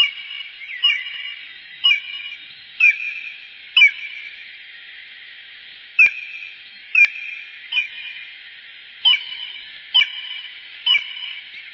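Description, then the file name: Bonelli's eagle uttering repeated short, bright yelps at about one per second, with one pause of about two seconds midway and a low hiss behind. "aigle de bonelli"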